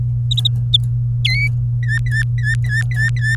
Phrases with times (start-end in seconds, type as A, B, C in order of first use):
1.24-1.48 A, 1.83-3.35 B